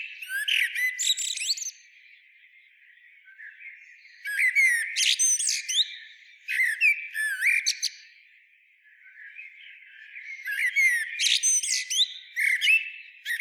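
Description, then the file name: Common blackbird singing in several phrases: warbled whistles dissolving into high, scratchy twittering, with pauses between. "Turdus merula"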